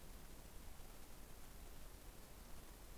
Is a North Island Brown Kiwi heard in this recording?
no